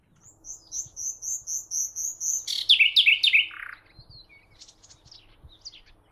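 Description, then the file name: Common nightingale song: a rapid series of high, clipped notes repeated about four times a second, then a loud, harsh, buzzy rattle that drops in pitch before giving way to softer twitters. "Luscinia megarhynchos"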